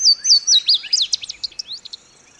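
Bird song: a few clear downslurred whistles, then a fast jumble of varied high chirps and trills trailing off.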